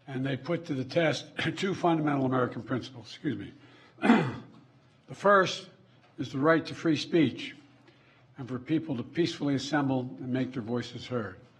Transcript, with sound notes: And they put to the test two fundamental American principles. Excuse me. [Coughs.] The first is the right to free speech and for people to peacefully assemble and make their voices heard.